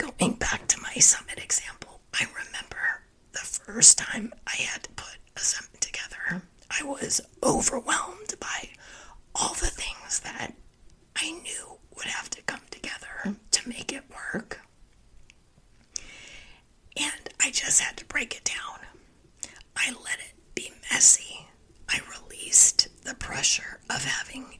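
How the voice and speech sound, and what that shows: Adult woman speaking in a hoarse, breathy, largely whispered voice with little clear voicing, sounding as if she has laryngitis. Spasmodic dysphonia, which she is currently dealing with and working through.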